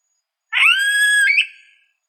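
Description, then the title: Yellow-headed caracara gives one long, strident rising scream that turns harsh and wavering before trailing off. "Carrapateiro"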